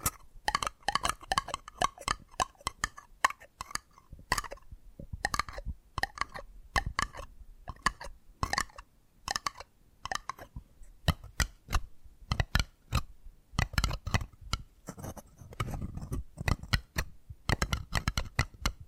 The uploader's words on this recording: ASMR 10 Addictive Tapping Triggers. (No Talking).